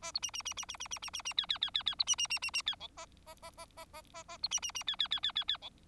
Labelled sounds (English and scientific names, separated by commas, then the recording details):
Bengalese Finch (Lonchura striata domestica) song
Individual Bird4